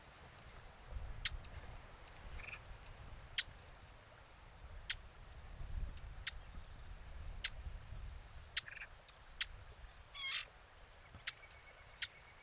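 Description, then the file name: Eurasian blackcap repeating hard clicking tack notes roughly every one to two seconds, over a steady high hiss and faint chirps from other birds. "Sylvia atricapilla"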